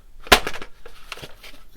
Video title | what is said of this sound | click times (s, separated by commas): May the 4th Star Wars Day Young Jedi Adventures Tenoo Temple Hasbro Unboxing Review | Oh, I guess you got to push really hard to get that satisfying click. | 0.3 s